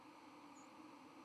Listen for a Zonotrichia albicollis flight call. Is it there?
yes